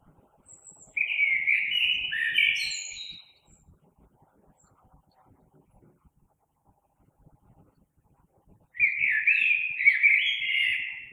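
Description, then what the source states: Common blackbird song: a mellow warbled phrase with a squeaky high flourish, then a long silence before a second fluting phrase. Recorded 3 March 2020.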